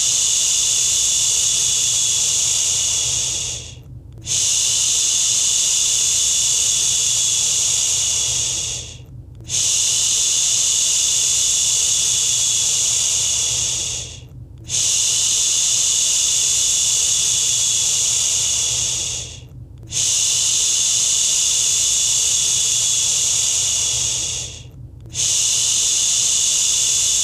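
A steady, bright shushing sound repeats in long strokes of about five seconds, each broken by a brief pause, over a faint low rumble.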